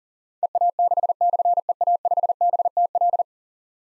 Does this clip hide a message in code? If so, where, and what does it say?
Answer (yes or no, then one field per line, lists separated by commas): yes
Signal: Morse code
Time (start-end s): 0.4-3.2 s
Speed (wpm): 39 wpm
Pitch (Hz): 700 Hz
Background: none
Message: EA6/EA5BTL